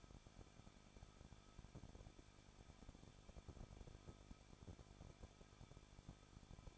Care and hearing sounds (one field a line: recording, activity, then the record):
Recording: daily activity, microphone in the room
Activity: no activity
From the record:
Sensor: 5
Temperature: 20.8 degrees Celsius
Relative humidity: 38.4%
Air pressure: 1006.4 hPa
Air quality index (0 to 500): 189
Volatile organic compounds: 19 ppm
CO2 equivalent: 2668 ppm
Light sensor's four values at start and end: 2/3/1/1 and 2/3/1/1